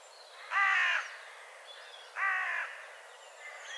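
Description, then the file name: Carrion crow giving two loud, hoarse caws roughly one and a half seconds apart, with faint bird chirps in between. "Corvus corone"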